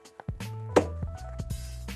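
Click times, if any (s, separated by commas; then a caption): 0.8 s. The plastic hook of a shoulder strap is pulled up over a lug on the side of a Spyker BCS25 commercial bag spreader (25-lb capacity) until it snaps on. A sharp snap at 0.8 s stands out over a steady tonal background, with a few softer taps and rustles around it. The hook is confirmed attached to the spreader body.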